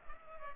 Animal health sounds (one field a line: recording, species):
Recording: mosquito wingbeat signal from an infrared sensor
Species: Culex pipiens